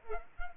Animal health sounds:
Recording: mosquito wingbeat signal from an infrared sensor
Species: Culex pipiens

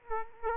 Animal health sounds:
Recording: mosquito wingbeat signal from an infrared sensor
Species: Culex quinquefasciatus

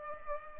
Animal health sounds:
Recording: mosquito wingbeat signal from an infrared sensor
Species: Culex pipiens

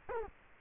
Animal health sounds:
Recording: mosquito wingbeat signal from an infrared sensor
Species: Culex quinquefasciatus

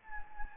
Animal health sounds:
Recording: mosquito wingbeat signal from an infrared sensor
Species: Anopheles gambiae

